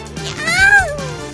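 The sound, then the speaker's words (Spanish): A single drawn-out meow from a run-over cat, rising and then falling in pitch, fairly loud and tonal, over a low background rumble. “Ok, olviden al gato atropellado.”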